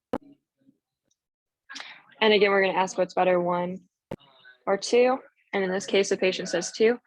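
A cross cylinder lens in a refraction head is popped back into the power position and clicks into place at 0.1 s, a sharp brief click. Someone then talks.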